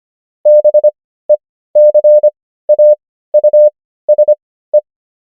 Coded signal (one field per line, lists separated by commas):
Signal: Morse code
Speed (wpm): 25 wpm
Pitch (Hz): 600 Hz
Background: none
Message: BECAUSE